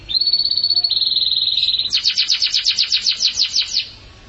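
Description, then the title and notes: Atlantic canary singing a long, high, level whistle that steps down slightly, followed by a fast rolling trill of repeated sharp notes. "BM Suara Kenari. BM Suara Burung Kenari"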